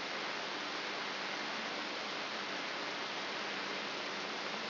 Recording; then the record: brain microelectrode recording played as sound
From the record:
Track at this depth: inside the subthalamic nucleus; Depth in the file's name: 2.105 mm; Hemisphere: left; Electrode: 3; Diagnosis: Parkinson's disease